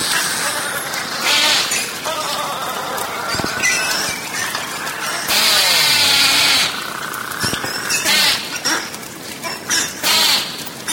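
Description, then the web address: Beluga whale squeals and calls: wavering, sweeping harmonic tones rising and falling, mixed with dense crackling click bursts and buzzy pulses throughout. "valaat beluga"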